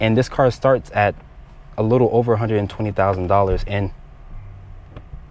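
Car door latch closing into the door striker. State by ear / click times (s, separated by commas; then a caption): seated / 5.0 s. A man talks over low background noise for about the first four seconds. A 2021 Mercedes-Benz S-Class car door is closed and its soft-closing mechanism pulls it into the latch on the door striker. The latch engages with a small, sharp click at 5.0 s, and the door is shut.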